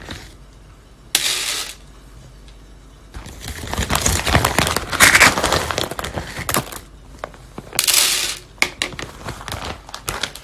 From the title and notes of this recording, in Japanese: 今朝は”キリマンジャロブレンド”生豆を焙煎。